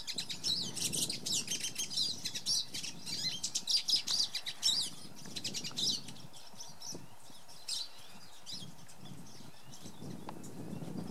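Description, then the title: Pine Siskin singing a rapid twittering, chirpy phrase for about four and a half seconds, then quieter scattered notes over low background rumble. Singing up close just outside a cabin at a lodge in Minnesota, 8 February 2023; recorded with the video audio of a Panasonic Lumix camera. "Pine Siskin, Rockwood Lodge, MN, Feb. 8, 2023"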